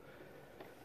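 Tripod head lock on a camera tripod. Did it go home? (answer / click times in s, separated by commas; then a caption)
no / none. A tripod head lock on a camera tripod is worked while the camera is being adjusted, giving a single faint hit at about 0.6 s over low background noise. The lock fails to engage, and nothing has clicked or seated yet.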